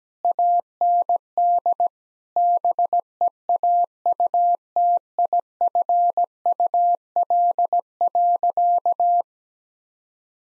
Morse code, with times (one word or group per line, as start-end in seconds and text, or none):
0.2-1.9 AND
2.4-9.2 BEAUTIFUL.